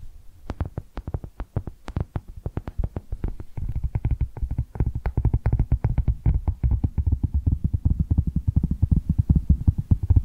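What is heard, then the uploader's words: Dull tapping with soft, thumping bodies and short clicky tops. The taps start sparse and uneven, then after about three and a half seconds become a quick, fairly steady patter that continues to the end over a faint low rumble. ASMR Tapping Different Areas of Your Brain 3D Panning Triggers (No Talking).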